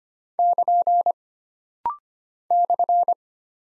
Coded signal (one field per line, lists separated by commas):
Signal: Morse code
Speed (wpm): 25 wpm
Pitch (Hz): 700 Hz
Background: none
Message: <KN> /